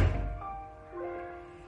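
A bedroom door is shut firmly: one heavy, low thunk at the start that quickly fades. Soft, steady sustained tones carry on quietly afterward.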